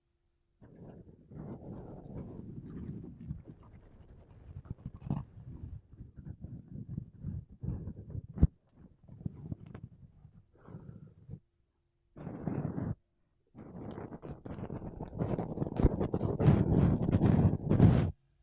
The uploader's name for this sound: Mic Brushing Using Makeup Brushes and Sponge